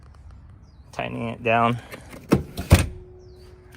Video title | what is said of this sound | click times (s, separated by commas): Finally actual White interior for my Cybertruck - NAPPA Leather Full Coverage | Pops right back in place. | 2.8 s